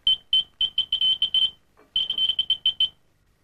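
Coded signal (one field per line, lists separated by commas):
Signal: data over sound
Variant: improvised scanning fax sender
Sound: two runs of irregular, high, shrill squeaks of varying length, with a brief pause between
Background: quiet room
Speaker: Now, I've connected it up to this little sounder so that it'll squeak whenever it passes over a black bit of the message.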